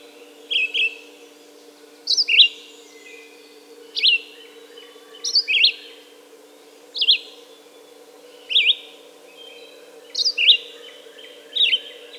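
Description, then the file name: Red-eyed vireo singing about eight short varied whistled phrases at fairly regular intervals of roughly 1.5 seconds, over a continuous low hum. "red-eyed vireo song by jonathon jongsma"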